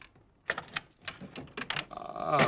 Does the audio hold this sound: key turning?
yes